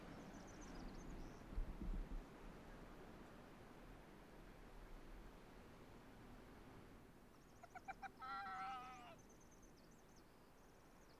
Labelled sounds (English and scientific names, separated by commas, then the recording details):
Arctic Fox (Vulpes lagopus) barking
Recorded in the wild
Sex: female
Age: adult
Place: Insel Mednyi, Kommandeur-Inseln, RU
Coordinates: 54.5167, 168.083
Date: 1999-07-16 10:16
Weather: Hochnebel, 7,3°C, am Strand klare Sicht, kein Wind
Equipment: Sony WM-D6C, Sennheiser ME 80, Schalter I, Windkorb, Kopie Tascam DA 30
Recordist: Frommolt, Karl-Heinz